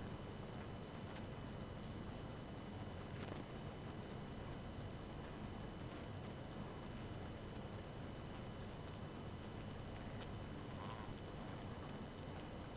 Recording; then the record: honeybee colony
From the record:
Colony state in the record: active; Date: 12 June 2018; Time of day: 2:08